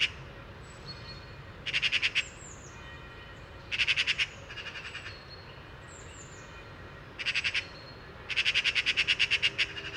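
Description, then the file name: Eurasian magpie giving several short bursts of harsh, machine-gun chatter across the stretch, with thin high notes between them. "Pica pica"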